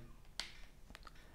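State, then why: Seated. A microphone adapter is pushed onto the side port of a GoPro action camera until it locks, giving a sharp snap at 0.4 s as it seats. A few fainter clicks follow near 1.0 and 1.1 s, and the adapter stays seated.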